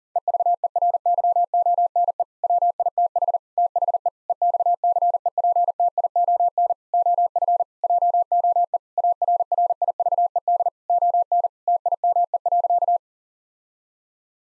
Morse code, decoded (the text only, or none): EVERYONE WITH THE EXCEPTION OF JOE ARRIVED ON TIME.